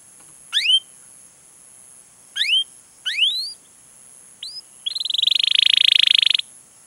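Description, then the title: Canary song with a few sharp rising chirps spaced apart, followed by a sustained rolling buzzy trill lasting over a second. Long, lively canary song used as a lure to prompt other canaries to sing. "PANCINGAN Kenari GACOR PANJANG. Pancingan Gacor Masteran"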